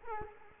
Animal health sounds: mosquito wingbeat signal from an infrared sensor; Culex quinquefasciatus

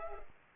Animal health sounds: mosquito wingbeat signal from an infrared sensor; Culex pipiens

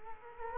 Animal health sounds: mosquito wingbeat signal from an infrared sensor; Culex quinquefasciatus

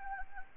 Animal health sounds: mosquito wingbeat signal from an infrared sensor; Anopheles gambiae

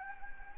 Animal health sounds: mosquito wingbeat signal from an infrared sensor; Anopheles gambiae

